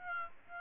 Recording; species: mosquito wingbeat signal from an infrared sensor; Aedes aegypti